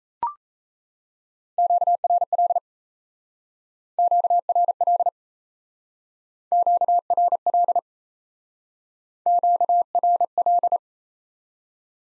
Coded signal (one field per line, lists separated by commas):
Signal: Morse code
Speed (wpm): 34 wpm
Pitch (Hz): 700 Hz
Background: none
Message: QRL QRL QRL QRL